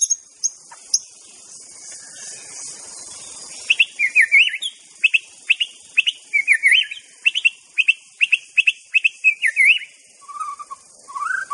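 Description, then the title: White-rumped shama singing a rapid, rhythmic series of bright chirping notes, closing with lower warbled phrases, against a constant high hiss. Wild bird in forest. "Kicau Asli Murai Batu Hutan"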